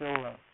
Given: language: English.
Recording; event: throat vibration sensor signal played as sound; speech